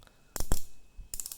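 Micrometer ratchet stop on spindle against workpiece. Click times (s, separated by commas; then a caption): 0.4 s, 0.5 s, 1.1 s, 1.2 s. A metal micrometer spindle is closed onto a workpiece by turning the ratchet thimble until the ratchet stop slips. Sharp, bright clicks sound at 0.4, 0.5, 1.1 and 1.2 seconds, with a few lighter ticks after them. The ratchet slipping confirms the spindle has reached its set contact torque.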